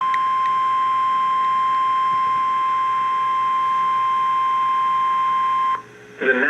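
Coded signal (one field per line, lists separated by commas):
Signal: Emergency Alert System (SAME) tones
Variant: 1050 Hz attention tone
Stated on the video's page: NOAA Weather Radio alert for Dallas County, Texas.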